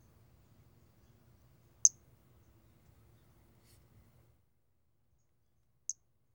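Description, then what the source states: Pumpkin toadlet calling with two brief, sharp high notes about four seconds apart over a quiet, faint low background. 4 February 2016.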